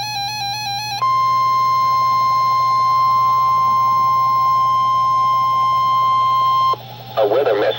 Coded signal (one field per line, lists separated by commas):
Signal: Emergency Alert System (SAME) tones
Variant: 1050 Hz attention tone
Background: speech, music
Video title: NOAA - 2 High Wind Warnings (EAS #1,606 - 1,607) DOUBLE HEADER